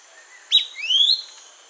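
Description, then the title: Fuscous flycatcher: one quick high note, then a smooth upward-sliding whistle, a faint lower tone trailing before it, over light hiss. Subspecies duidae. "LuckyPassaro Completos2Sama. Fuscous Flycatcher (Cnemotriccus fuscatus duidae)"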